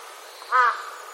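Crow calling once with a short, rasping caw over faint steady background noise.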